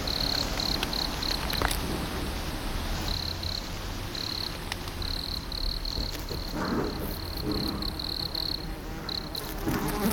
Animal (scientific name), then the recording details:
Nemobius sylvestris. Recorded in the wild. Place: Gößweinstein, Fränkische Schweiz, Bayern, DE. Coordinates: 49.72, 11.07. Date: 1995-09-04 15:35. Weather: bedeckt, z.T. Regen, ca. 16°C. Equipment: Nagra SN, Sennheiser ME 80, Kopie Uher 4000 Report Monitor. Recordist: Tembrock, Günter